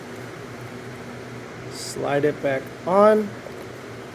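On a 2023 Lexus IS500 F Sport, the factory adaptive damper (AVS) actuator is lined up on the coilover's slotted adjuster and its retaining clip is slid back on. A steady low hum runs throughout, with a brief soft hiss near 1.8 s, and someone talks from about 2.0 to 3.3 s. Nothing has seated or clicked yet.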